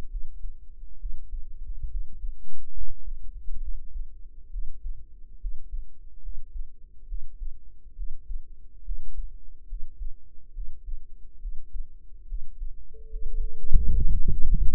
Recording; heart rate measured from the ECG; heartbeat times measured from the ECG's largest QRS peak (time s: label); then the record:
heart sounds by microphone in the right ear; 69 bpm
0.08 s: heartbeat
0.97 s: heartbeat
1.88 s: heartbeat
2.72 s: heartbeat
3.59 s: heartbeat
4.49 s: heartbeat
5.38 s: heartbeat
6.20 s: heartbeat
7.05 s: heartbeat
7.94 s: heartbeat
8.82 s: heartbeat
9.66 s: heartbeat
10.51 s: heartbeat
11.38 s: heartbeat
12.25 s: heartbeat
13.07 s: heartbeat
13.91 s: heartbeat
From the record:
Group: healthy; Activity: rest 0-10 s, light exercise 10-15 s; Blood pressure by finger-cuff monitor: 108/71 mmHg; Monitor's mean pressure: 85 mmHg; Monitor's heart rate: 70 bpm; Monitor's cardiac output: 6.1 L/min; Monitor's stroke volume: 88 mL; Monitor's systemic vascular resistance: 1000 dyn s/cm5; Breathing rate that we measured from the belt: 17 breaths a minute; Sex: female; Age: 22 years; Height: 160 cm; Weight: 45 kg